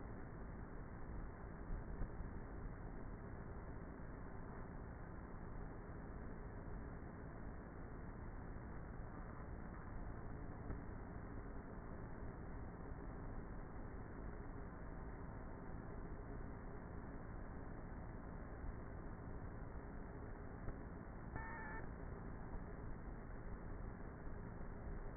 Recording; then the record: honeybee colony, microphone inside the hive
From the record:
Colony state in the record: queenless with a low population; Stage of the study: before two queens were removed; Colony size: about 30,000 bees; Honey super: no